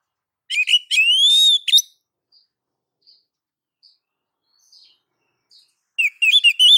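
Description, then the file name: Oriental magpie-robin calling with a rising whistled note and sharp chips, then soft scattered clicks, then another burst of quick varied whistles. Female calling to the male. "Suara Kicau Burung Kacer Betina Memanggil Jantan"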